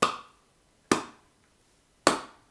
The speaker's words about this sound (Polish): Klapałbym pośladkami, dokładnie. No bo tylko klask, klask, klask, klask. Czekaj, spróbuję.